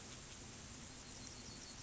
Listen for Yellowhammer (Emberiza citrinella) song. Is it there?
no